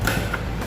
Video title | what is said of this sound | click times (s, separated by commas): Cara Mengukur Tekanan Bahan Bakar Sepeda Motor Injeksi | Sampai bunyi klik | 0.1 s